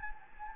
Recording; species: mosquito wingbeat signal from an infrared sensor; Anopheles gambiae